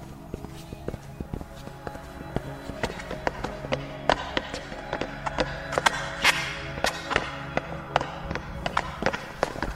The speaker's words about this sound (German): Da! Hört ihr das? Schritte kommen aus der Wand. Ja, da muss ein Geheimgang sein. Du hast recht. Die Wand ist hohl.